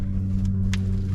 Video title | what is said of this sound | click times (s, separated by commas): 1994 Volkswagen T4 Eurovan Westfalia Camper Van Instructions | the tent is now locked into place | 0.7 s